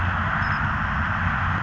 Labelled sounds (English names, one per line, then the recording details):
Savannah Sparrow
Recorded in Sonoma County, California